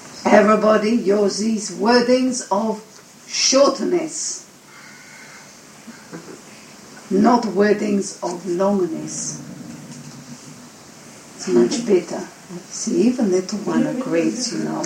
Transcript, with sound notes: Everybody uses wordings of shortness, not wordings of longness. (Dog growls.) It's much better. You see, even little one agrees, you know.